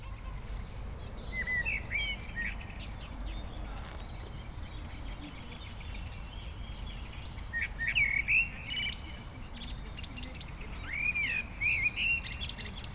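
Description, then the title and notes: Eurasian blackbird singing mellow warbled phrases with squeaky endings, spaced several seconds apart, over a steady background hum. Blackbirds starting to sing in a garden in Aix-les-Bains, France. "Jardin vagabond, 10 Rue Jules Pin, Aix-les-Bains, France - Merle. Les merles commencent à chanter au Jardin Vagabond"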